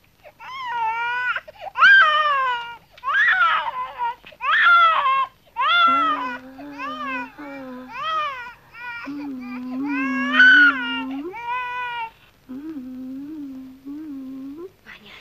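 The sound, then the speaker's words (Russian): A baby cries in loud, high-pitched wailing bursts, one after another with short breaths between, while a low steady hum joins underneath partway through. “Агата идет к ребенку.”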